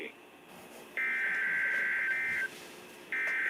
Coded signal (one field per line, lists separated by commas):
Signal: Emergency Alert System (SAME) tones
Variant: end-of-message bursts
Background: speech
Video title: EAS Compilation + Siren Activation | 3/15/2026